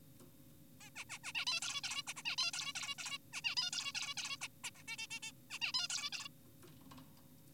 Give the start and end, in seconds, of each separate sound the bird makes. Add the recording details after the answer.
0.81-0.90, 0.96-1.04, 1.10-1.18, 1.24-1.32, 1.35-1.45, 1.47-1.60, 1.62-1.81, 1.84-2.03, 2.07-2.14, 2.16-2.23, 2.25-2.36, 2.38-2.52, 2.54-2.73, 2.76-2.95, 2.98-3.18, 3.33-3.42, 3.44-3.55, 3.57-3.70, 3.73-3.92, 3.95-4.14, 4.17-4.37, 4.41-4.48, 4.64-4.70, 4.76-4.83, 4.88-4.97, 4.98-5.07, 5.11-5.20, 5.23-5.32, 5.50-5.59, 5.62-5.72, 5.74-5.88, 5.90-6.10, 6.13-6.28. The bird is an adult. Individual g4p5U